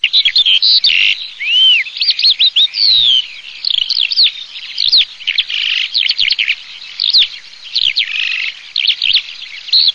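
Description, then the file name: Eurasian skylark song: a continuous, rapid, high warbling stream of chirps, slurred whistles and trills that runs throughout. "allodola"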